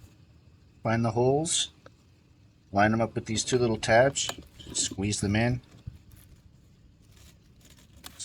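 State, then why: Seated. Someone talks while the two spring tabs on the end of a telescopic pool pole are squeezed in and the pole is slid into a plastic pool-cleaning attachment head. A sharp click is heard at 8.1 s as the tabs lock and the pole seats in the attachment.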